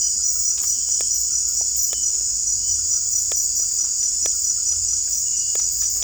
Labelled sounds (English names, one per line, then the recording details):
none
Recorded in secondary vegetation near Puerto Asís, Putumayo, Colombia, on 16 December 2024 at 18:30
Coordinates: 0.481, -76.318
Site G042